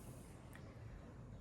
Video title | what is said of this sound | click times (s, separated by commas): Débuter les amigurumis : #1 le matériel | Donc il vient se clipser | 0.6 s